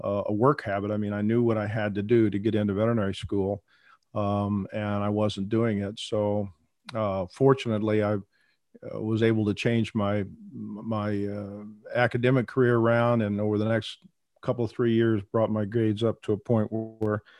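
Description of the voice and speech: Adult man speaking mostly fluently, with a prolonged, repeated "my… my" and silent mid-phrase pauses. This is stuttering of mainly the block type, with few repetitions and some prolongations.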